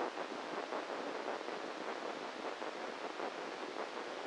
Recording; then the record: brain microelectrode recording played as sound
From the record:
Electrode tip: inside the subthalamic nucleus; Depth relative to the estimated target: -2 mm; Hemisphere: right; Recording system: NeuroSet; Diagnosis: Parkinson's disease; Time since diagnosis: 7 years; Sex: male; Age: 44 years